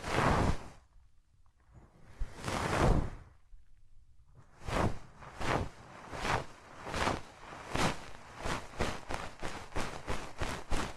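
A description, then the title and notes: Hands rub close over the ears in soft, hissing swishes. Two long, slow strokes open the clip, then after a brief quiet the rubbing turns into steady back-and-forth brushes that grow quicker and more regular toward the end. No voice is heard. Rubbing Your Ears in My Hands Sensitive, Close Up Triggers (No Talking).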